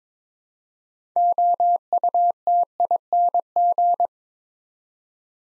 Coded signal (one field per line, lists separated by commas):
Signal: Morse code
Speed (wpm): 22 wpm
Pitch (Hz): 700 Hz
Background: none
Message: OUTING